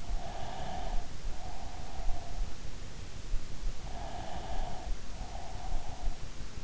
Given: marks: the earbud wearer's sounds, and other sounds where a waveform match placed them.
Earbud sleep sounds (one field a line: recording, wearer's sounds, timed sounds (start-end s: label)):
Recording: sounds in sleep by an in-ear microphone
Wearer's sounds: breath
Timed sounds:
0.00-2.51 s: breath
3.80-6.45 s: breath